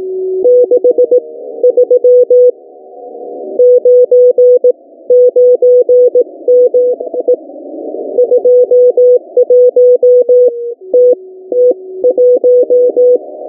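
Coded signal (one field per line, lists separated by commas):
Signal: Morse code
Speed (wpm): 18 wpm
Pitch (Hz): 500 Hz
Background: music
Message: 63 99ME 21TT1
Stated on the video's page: Morse code from a shortwave station recording (REA4 / A2TsA).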